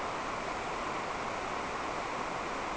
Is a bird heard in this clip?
no